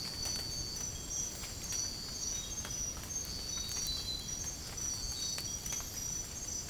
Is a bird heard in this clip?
no